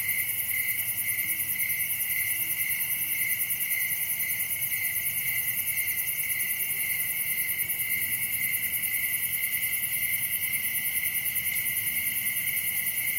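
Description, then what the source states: Crickets in a continuous shrill chorus: overlapping pulsing trills hold steady throughout with no pauses and a faint low hum beneath. Crickets, recorded at night in summer in a wooded area of Dell Creek State Wildlife Area.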